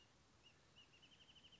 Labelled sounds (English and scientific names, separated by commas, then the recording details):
Wrentit (Chamaea fasciata)
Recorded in Sonoma County, California